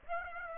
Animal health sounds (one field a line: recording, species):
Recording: mosquito wingbeat signal from an infrared sensor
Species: Aedes aegypti